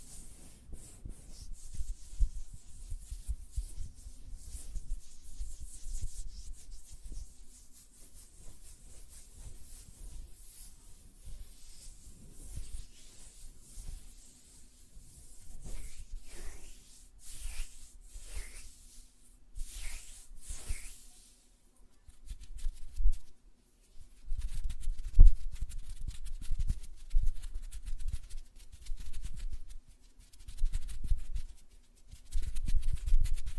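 Soft tapping on nails and fluttering finger sounds, made of quick, uneven clusters of light clicks and brushing rubs. Activity comes in bursts, with brighter swishy strokes around the middle and a sharp tap near 25 seconds, over a faint low steady hum.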